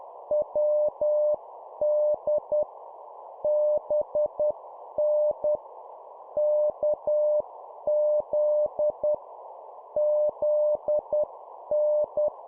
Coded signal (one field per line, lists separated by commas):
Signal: Morse code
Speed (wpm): 10 wpm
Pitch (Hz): 600 Hz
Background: none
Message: WD BN KZ ZN